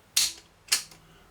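The rewind key on a vintage Philips EL 3514 tape recorder is pushed down and latches into the transport mechanism with a loud, bright mechanical clack at 0.2 s, followed by a second, softer clack at 0.7 s. The key is confirmed seated, and the recorder is in rewind.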